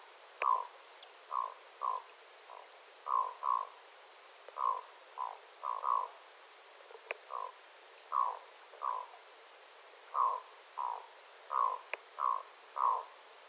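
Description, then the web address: Black-throated loon croaking repeatedly, short harsh notes in pairs and triplets, with a couple of faint clicks. Adult birds calling, recorded 9 September 2025. "paivat 9 9 2025 aikuisten kuikkien aantelya aika hyva"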